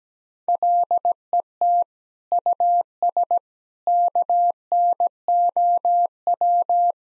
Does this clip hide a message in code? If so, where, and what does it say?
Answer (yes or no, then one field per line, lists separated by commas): yes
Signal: Morse code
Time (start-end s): 0.5-6.9 s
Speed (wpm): 17 wpm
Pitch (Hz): 700 Hz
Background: none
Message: LET US KNOW